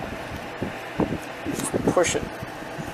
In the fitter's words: rod here push it back in until it snaps in place like that